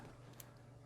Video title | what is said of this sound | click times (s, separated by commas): Bandai B-Wing: Part 1 | that satisfying click that's Bandai for you so there we've got our cockpit unit ready | 0.4 s